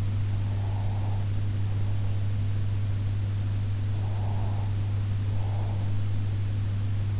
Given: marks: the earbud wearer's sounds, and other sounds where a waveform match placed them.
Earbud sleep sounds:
sounds in sleep by an in-ear microphone; breath
0.38-2.12 s: breath
3.98-5.95 s: breath

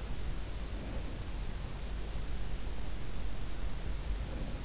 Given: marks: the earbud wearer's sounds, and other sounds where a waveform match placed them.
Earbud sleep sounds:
sounds in sleep by an in-ear microphone; breath
0.69-1.18 s: breath
4.17-4.65 s: breath

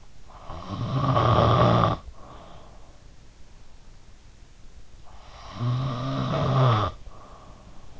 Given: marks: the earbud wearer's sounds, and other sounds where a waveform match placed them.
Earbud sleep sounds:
sounds in sleep by an in-ear microphone; snoring breath
0.66-2.97 s: snoring breath
5.21-8.00 s: snoring breath

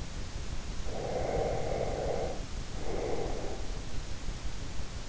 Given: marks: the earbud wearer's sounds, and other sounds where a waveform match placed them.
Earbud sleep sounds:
sounds in sleep by an in-ear microphone; breath
0.70-3.87 s: breath

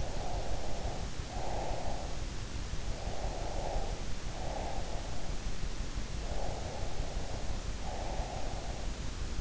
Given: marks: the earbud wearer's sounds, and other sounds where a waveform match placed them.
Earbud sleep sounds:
sounds in sleep by an in-ear microphone; breath
0.00-2.33 s: breath
2.94-5.37 s: breath
6.27-8.92 s: breath

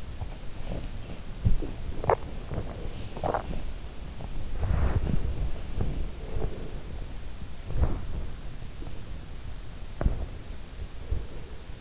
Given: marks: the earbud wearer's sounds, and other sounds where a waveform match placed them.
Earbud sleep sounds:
sounds in sleep by an in-ear microphone; body movement
0.00-11.81 s: body movement

